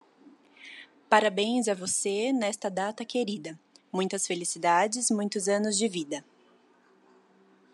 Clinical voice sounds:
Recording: short text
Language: Brazilian Portuguese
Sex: female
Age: 20 to 29 years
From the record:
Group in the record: control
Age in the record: 28 years

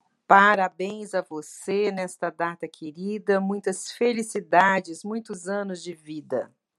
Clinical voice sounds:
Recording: short text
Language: Brazilian Portuguese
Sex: female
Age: 50 to 59 years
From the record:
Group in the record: control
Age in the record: 57 years

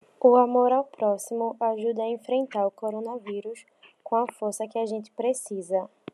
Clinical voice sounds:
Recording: spoken sentence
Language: Brazilian Portuguese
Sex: female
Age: 20 to 29 years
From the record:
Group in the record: control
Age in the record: 23 years

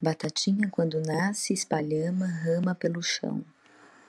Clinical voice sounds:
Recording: short text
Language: Brazilian Portuguese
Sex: female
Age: 30 to 39 years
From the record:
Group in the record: control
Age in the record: 37 years

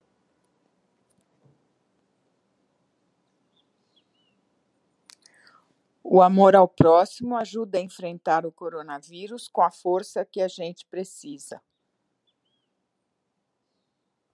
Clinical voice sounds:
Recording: spoken sentence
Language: Brazilian Portuguese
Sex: female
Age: 60 to 69 years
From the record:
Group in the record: control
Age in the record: 68 years

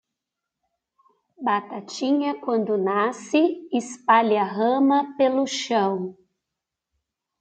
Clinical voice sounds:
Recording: short text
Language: Brazilian Portuguese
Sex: female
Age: 40 to 49 years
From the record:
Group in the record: control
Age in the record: 43 years

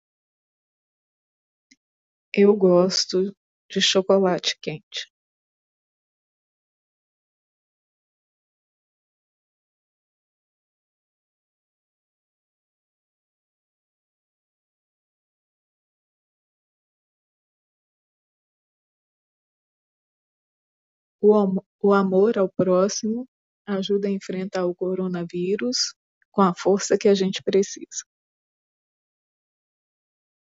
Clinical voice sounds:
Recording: spoken sentence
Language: Brazilian Portuguese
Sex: female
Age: 40 to 49 years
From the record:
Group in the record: control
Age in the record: 45 years

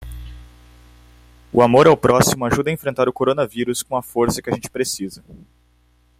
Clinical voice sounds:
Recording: spoken sentence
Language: Brazilian Portuguese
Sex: male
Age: 18 to 19 years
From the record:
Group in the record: control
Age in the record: 18 years

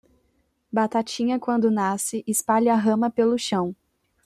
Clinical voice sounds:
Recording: short text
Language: Brazilian Portuguese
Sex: female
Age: 20 to 29 years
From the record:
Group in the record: control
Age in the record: 22 years

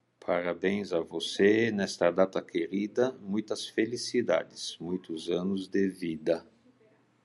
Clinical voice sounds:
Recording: short text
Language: Brazilian Portuguese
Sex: male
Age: 60 to 69 years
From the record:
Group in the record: control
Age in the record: 64 years

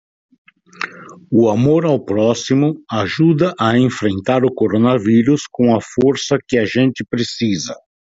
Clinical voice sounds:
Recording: spoken sentence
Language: Brazilian Portuguese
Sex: male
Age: 60 to 69 years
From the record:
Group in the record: control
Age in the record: 63 years

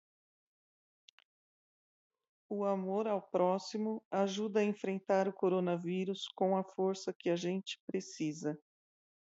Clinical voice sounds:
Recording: spoken sentence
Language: Brazilian Portuguese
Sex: female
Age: 50 to 59 years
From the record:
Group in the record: control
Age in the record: 52 years

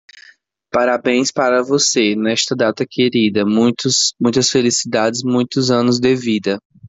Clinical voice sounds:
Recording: short text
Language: Brazilian Portuguese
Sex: male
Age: 20 to 29 years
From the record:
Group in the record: control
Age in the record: 27 years

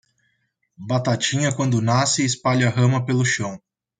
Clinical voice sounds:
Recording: short text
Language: Brazilian Portuguese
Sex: male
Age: 20 to 29 years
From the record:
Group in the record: control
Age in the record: 28 years

